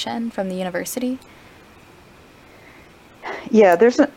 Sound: exhale